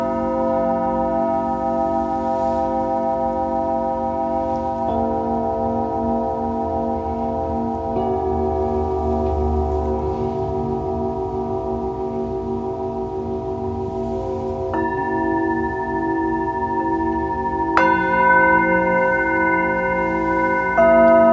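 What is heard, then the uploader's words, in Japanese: Tibetan singing bowls ring in long, sustained tones layered over one another, with a low steady hum and a faint slow pulsing beating underneath. New strikes add brighter pitches around 5, 8, 15 and 18 seconds, and the sound swells slightly louder near the end. 夜のメキシコからサウンドヒーリングライブ。チベタンシンギングボウル。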